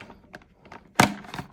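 A plastic dust bowl holding a cleaned filter is pushed down and turned onto the body of a handheld pivot vacuum until it locks in place. After some faint handling rustles, a sharp click at 1.0 s marks it seating, followed by a couple of softer taps around 1.3–1.4 s. The dust bowl is seated and locked home.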